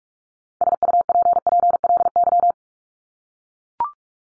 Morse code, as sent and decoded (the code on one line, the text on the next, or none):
... ..- .--. .--. .-.. -.--
SUPPLY